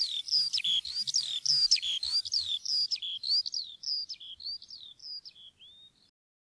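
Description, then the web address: Eurasian skylark song of quick, sliding chirps and whistles delivered in a rapid run, slowing and thinning out toward the end before stopping. "fuglelyder- sanglerke"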